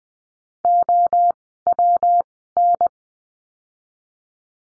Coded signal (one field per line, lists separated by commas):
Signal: Morse code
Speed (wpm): 19 wpm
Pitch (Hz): 700 Hz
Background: none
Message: O W N